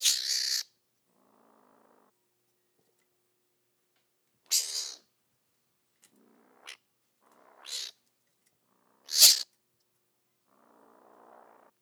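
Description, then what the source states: Mongoose hissing in short, sharp bursts separated by gaps, the loudest near the end. Recorded in summer 2014.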